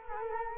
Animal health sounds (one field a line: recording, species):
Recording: mosquito wingbeat signal from an infrared sensor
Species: Culex quinquefasciatus